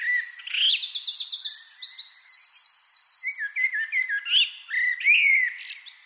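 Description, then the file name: Eurasian wren song: a loud, fast outpouring of high notes with rattling trills and shrill squeaky phrases, delivered without a break. "Troglodytes troglodytes"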